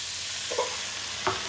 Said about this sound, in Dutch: Terwijl ze in de pan roert,